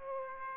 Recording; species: mosquito wingbeat signal from an infrared sensor; Aedes aegypti